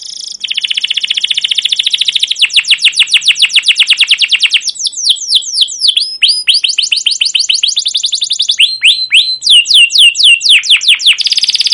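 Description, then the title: Canary singing continuously: long rapid rolling trills alternate with fast series of downslurred whistled notes, bright and high-pitched throughout. Canary song used as a lure to train other canaries; song described as long, continuous rolling with repeated cuit cuit notes. "Suara Burung Kenari Gacor Panjang cuit cuit Ngerol untuk Pancingan Kenari"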